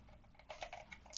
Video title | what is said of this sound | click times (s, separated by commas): How to Easily Set Up Your Asus ZEN WiFi XD4 Plus Mesh System - Step-by-Step Guide | labeled port WAN/LAN like this until you hear a click. | 1.2 s